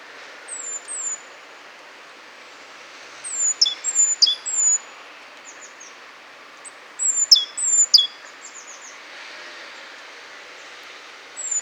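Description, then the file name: Great tit calls: repeated high, thin, descending notes in busy clusters, two main bursts a few seconds apart, against steady background hiss. "Parus major"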